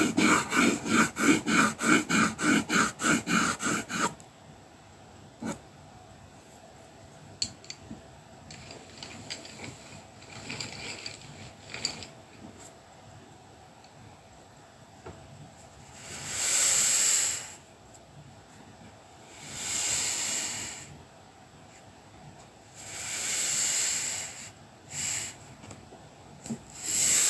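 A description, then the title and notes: Rapid scratchy pencil strokes open the recording, then quiet tapping and handling give way to three soft, hissing swells of paper being rubbed. Soothing sounds of colouring pencil work and paper massage.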